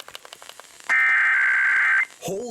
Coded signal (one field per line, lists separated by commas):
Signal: Emergency Alert System (SAME) tones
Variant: header bursts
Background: speech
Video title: VISIBLE FRUSTRATION... EAS Alerts from 2/17/22 (EAS 7376-7391)